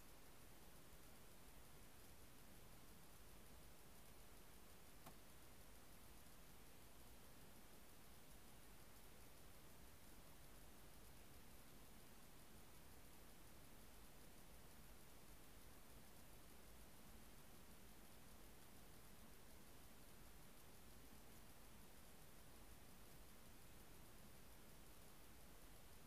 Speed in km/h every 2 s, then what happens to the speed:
0, 0, 0, 0, 0, 0, 0, 0, 0, 0, 0, 0, 0.
0-26 standing.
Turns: none.